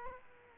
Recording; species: mosquito wingbeat signal from an infrared sensor; Aedes aegypti